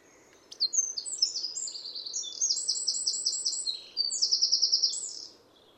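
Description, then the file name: Eurasian wren song, a rapid, loud run of high metallic trills and twittering notes that speeds into a final rattling trill before stopping abruptly. "Troglodytes troglodytes"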